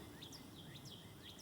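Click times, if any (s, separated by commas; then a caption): none. A wiper blade is being handled onto the wiper arm of a 2018 GMC Sierra truck, where its plastic retaining clip will lock. Only steady outdoor background noise is heard, with repeated high, bird-like chirps. Nothing has seated or clicked yet.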